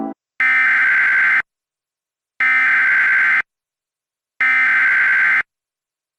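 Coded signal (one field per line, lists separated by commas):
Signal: Emergency Alert System (SAME) tones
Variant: header bursts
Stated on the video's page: Reenactment mock of a flash flood warning with valid EAS tones.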